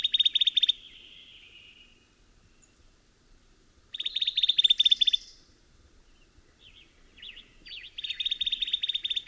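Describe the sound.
Bird song with fast, dry trills in short bursts, broken by quieter twittering notes and a pause, with a soft low hum underneath.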